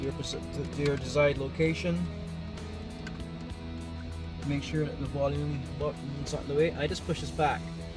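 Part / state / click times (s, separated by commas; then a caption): adjustable arm into car phone mount base / not seated / none. A hand pushes the adjustable arm of an iOttie Easy One Touch XL plastic phone car mount back into position on the mount base while someone talks over background music. The arm is only handled here, and nothing has seated or clicked yet.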